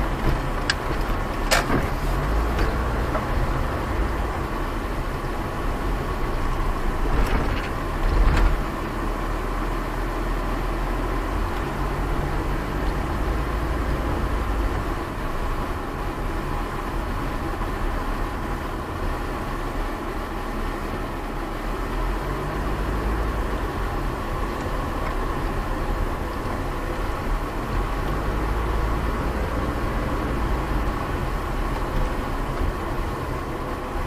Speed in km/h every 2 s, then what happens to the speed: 7, 10, 13, 11, 11, 12, 14, 14, 13, 11, 8, 8, 11, 13, 14, 17, 17.
0-3 speeds up to 13. 3-12 steady at about 12. 12-22 slows to 8. 22-34 speeds up to 17.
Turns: 14-21.